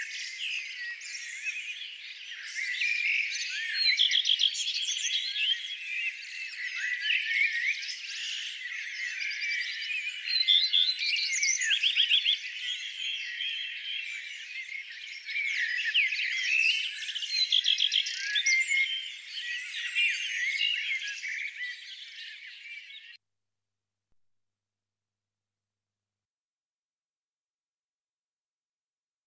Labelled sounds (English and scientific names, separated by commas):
Common Redstart (Phoenicurus phoenicurus) song